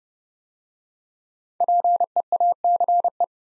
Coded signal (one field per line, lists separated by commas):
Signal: Morse code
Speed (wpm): 30 wpm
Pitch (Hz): 700 Hz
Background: none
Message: PEACE